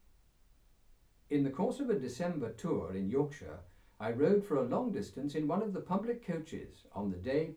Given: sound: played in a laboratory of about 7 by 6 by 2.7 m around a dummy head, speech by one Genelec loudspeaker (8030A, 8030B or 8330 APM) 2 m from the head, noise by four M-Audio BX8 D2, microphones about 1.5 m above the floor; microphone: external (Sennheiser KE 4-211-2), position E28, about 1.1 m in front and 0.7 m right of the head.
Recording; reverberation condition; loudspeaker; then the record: male speech in English; low; 60 degrees to the left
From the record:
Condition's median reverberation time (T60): about 310 ms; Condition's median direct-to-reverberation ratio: about 3.5 dB